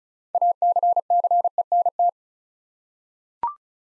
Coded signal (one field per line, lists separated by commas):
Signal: Morse code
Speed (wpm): 36 wpm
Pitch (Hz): 700 Hz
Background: none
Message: ACCENT